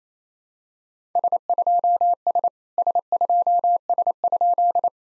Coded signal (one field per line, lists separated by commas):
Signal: Morse code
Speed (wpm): 28 wpm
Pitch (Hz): 700 Hz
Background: none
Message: S2S S2S?